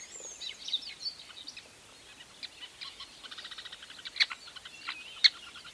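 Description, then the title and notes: Weaver calls, a few sparse chirps followed by a rapid run of short repeated notes and two sharp, loud calls near the end. Recorded at a large weaver nest in Etosha National Park, Namibia. "a large Weaver nest in Etosha NP, Namibia"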